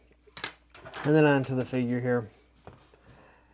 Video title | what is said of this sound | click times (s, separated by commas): Animal Warriors of the Kingdom Ahaw Kinn Review | it's got to plug right in there we even hear a nice little snap so there you go | 0.4 s